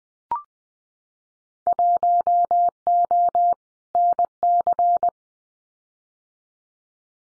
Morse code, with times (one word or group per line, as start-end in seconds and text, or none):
1.7-3.5 1O
4.0-5.1 NC